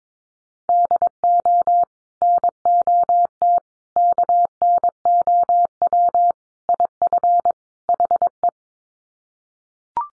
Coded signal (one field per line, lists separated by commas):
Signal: Morse code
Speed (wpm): 22 wpm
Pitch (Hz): 700 Hz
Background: none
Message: DO NOT KNOW IF HE